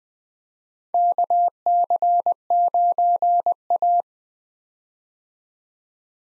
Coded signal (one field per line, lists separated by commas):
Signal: Morse code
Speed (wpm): 20 wpm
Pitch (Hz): 700 Hz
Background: none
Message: KC9A